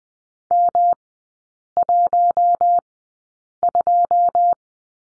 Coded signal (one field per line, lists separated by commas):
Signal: Morse code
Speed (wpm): 20 wpm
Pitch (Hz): 700 Hz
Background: none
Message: M12